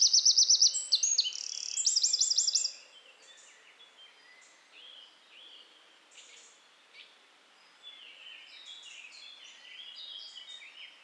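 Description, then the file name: Eurasian wren: a loud, fast trilling song in the opening seconds, then quieter scattered high chirps and a faint song for the rest. "Troglodytes troglodytes"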